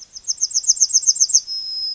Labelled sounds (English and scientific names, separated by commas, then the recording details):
Yellowhammer (Emberiza citrinella) song
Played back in forest
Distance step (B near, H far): B
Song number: 017